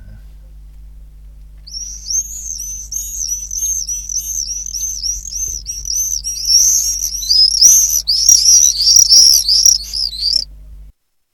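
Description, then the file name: Common swift screaming calls, a run of shrill buzzy trills that starts after a quiet lead-in and grows louder and denser toward the end, with a steady low hum beneath. "apus apus"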